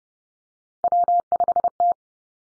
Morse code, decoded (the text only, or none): W5T